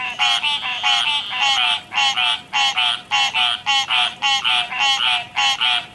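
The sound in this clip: Frog croaks: buzzy, pulsed notes repeated in a rapid, fairly steady series.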